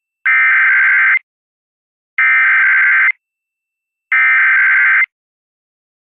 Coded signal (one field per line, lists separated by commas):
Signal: Emergency Alert System (SAME) tones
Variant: header bursts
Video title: EAS- Tornado Warning (TOR) on KMJ-AM (Fresno County, CA)